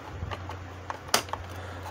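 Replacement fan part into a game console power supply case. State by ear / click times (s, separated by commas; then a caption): seated / 1.1 s. A replacement fan part is pushed into an Xbox One game console power supply case during a fan mod. Over a steady low hum, a few light taps and clicks are followed by one sharp, bright snap at 1.1 s as the fan assembly seats into place.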